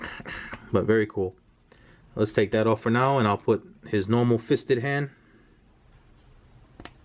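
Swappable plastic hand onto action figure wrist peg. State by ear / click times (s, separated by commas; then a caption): seated / 6.8 s. Someone talks while swapping an action figure's claw hand for a fisted hand, then the small plastic hand is pushed onto the wrist peg, which is a small peg. It snaps into place with two sharp clicks at 6.8 and 6.9 seconds, and the hand is seated.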